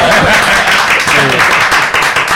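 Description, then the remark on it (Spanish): A steady wash of applause, dense and loud throughout, with faint voices mixed in beneath the clapping. “Te merecerías un aplauso general.”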